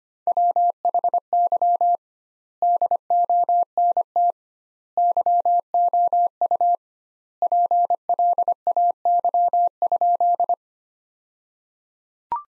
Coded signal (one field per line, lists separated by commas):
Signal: Morse code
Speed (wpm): 25 wpm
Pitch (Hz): 700 Hz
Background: none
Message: WHY DONT YOU PLAY?